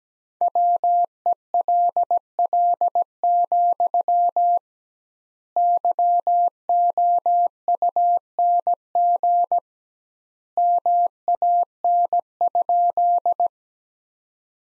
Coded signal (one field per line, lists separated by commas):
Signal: Morse code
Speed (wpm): 17 wpm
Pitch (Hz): 700 Hz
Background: none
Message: WELL, YOUNG MAN?